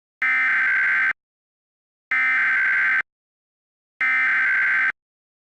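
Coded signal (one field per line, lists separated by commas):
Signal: Emergency Alert System (SAME) tones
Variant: header bursts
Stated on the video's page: Mock AMBER Alert, not a real alert.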